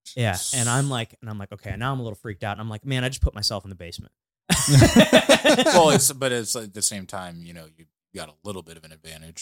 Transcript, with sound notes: Yeah, and I'm like, and I'm like, okay, now I'm a little freaked out. And I'm like, man, I just put myself in the basement. (laughing)
It's always, but at the same time, you know, you've got a little bit of an advantage.